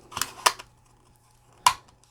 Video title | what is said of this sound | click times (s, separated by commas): Diamond Painting Product Reviews - Desk Vacuum and Dual Drill Pen | we go okay snapped in place | 1.7 s